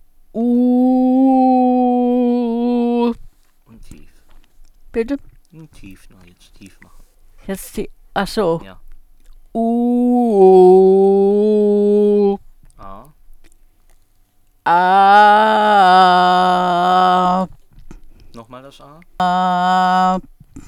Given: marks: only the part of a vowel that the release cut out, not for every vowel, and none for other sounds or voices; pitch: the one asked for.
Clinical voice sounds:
sustained vowels; female; 70 to 79 years
0.51-2.40 s: vowel /u/, high pitch
9.62-10.18 s: vowel /u/, low pitch
19.26-20.08 s: vowel /a/, low pitch
From the record:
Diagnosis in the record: healthy voice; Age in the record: 73 years

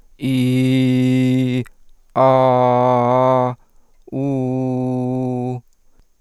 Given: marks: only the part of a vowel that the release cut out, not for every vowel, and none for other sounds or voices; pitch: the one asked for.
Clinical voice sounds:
sustained vowels; male; 40 to 49 years
0.28-1.54 s: vowel /i/, low pitch
2.29-3.43 s: vowel /a/, low pitch
4.20-5.50 s: vowel /u/, low pitch
From the record:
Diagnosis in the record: contact pachydermia, hypofunctional dysphonia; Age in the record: 49 years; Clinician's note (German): Ohne Kontaktpachydermie bei primär hypofunktioneller Dysphonie mit sekundär hyperfunktioneller Kompensation

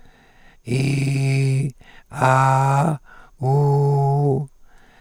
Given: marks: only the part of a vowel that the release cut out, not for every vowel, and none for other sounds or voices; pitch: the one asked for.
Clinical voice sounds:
sustained vowels; male; 70 to 79 years
0.79-1.53 s: vowel /i/, low pitch
2.24-2.81 s: vowel /a/, low pitch
3.47-4.35 s: vowel /u/, low pitch
From the record:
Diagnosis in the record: recurrent laryngeal nerve paralysis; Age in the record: 78 years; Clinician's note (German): Links, relativ gut kompensiert

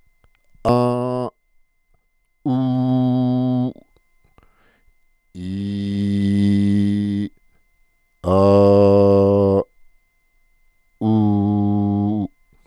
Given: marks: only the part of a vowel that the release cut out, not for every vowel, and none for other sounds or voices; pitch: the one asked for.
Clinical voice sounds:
sustained vowels; female; 40 to 49 years
0.71-1.22 s: vowel /a/, high pitch
2.51-3.61 s: vowel /u/, high pitch
5.63-7.15 s: vowel /i/, low pitch
8.35-9.49 s: vowel /a/, low pitch
11.08-12.15 s: vowel /u/, low pitch
From the record:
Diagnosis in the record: recurrent laryngeal nerve paralysis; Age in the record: 48 years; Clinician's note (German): Strumipriv

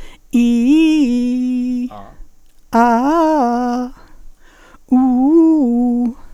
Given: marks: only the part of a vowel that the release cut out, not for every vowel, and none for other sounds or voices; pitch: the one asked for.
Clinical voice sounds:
sustained vowels; female; 70 to 79 years
0.40-1.64 s: vowel /i/, low-high-low pitch
2.87-3.76 s: vowel /a/, low-high-low pitch
4.98-6.00 s: vowel /u/, low-high-low pitch
From the record:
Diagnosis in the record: presbyphonia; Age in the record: 70 years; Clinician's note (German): Vox senilis

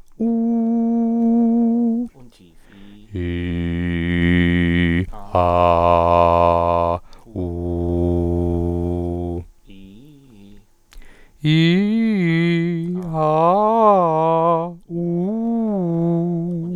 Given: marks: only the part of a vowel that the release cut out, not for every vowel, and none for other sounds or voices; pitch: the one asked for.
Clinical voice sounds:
sustained vowels; male; 20 to 29 years
0.29-1.69 s: vowel /u/, high pitch
3.22-4.96 s: vowel /i/, low pitch
5.41-6.91 s: vowel /a/, low pitch
7.41-9.30 s: vowel /u/, low pitch
11.50-12.81 s: vowel /i/, low-high-low pitch
13.20-14.61 s: vowel /a/, low-high-low pitch
14.96-16.60 s: vowel /u/, low-high-low pitch
From the record:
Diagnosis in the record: singing voice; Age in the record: 27 years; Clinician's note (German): Ausgebildete Gesangsstimme

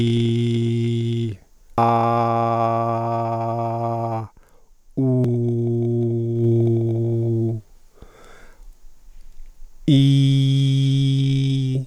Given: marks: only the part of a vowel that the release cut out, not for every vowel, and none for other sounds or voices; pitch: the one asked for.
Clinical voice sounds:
sustained vowels; male; 50 to 59 years
0.00-1.14 s: vowel /i/, normal pitch
1.92-3.90 s: vowel /a/, normal pitch
5.32-7.29 s: vowel /u/, normal pitch
9.97-11.66 s: vowel /i/, high pitch
From the record:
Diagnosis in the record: dysphonia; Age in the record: 52 years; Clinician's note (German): Zustand nach Apoplex mit Sprechapraxie

